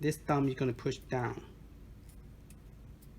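Someone talks while a thumb pushes down on the plastic part of an M.2 SSD USB enclosure, and the speech gives way to a quiet stretch with two faint ticks near 2.5 and 3.0 seconds. Nothing has snapped or seated yet.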